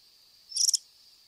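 Black jacobin giving a short, very high buzzy call broken into a few quick pulses, over a steady high-pitched drone.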